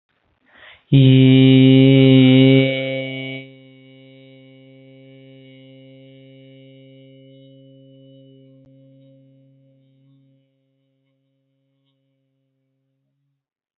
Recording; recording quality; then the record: sustained vowel as in beet; excellent, no background noise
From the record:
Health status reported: healthy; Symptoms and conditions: none ticked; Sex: male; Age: 30 years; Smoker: not ticked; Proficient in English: yes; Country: India